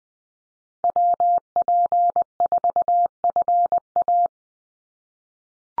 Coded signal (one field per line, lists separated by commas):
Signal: Morse code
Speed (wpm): 20 wpm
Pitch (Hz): 700 Hz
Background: none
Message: WP4FA